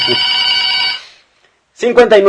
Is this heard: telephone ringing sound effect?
yes